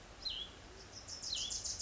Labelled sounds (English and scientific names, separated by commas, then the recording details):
Wilson's Warbler (Cardellina pusilla)
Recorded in Sonoma County, California